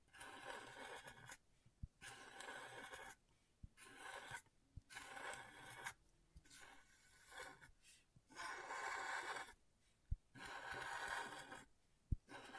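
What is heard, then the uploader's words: Scratching on a scratchboard in repeated rasping strokes, each lasting about a second, separated by short pauses. The strokes sound hissy and bright, some rougher and louder than others, especially later on. Sharp little clicks or taps land between strokes every few seconds. ASMR Brain Tingling Scratchboard (No Talking).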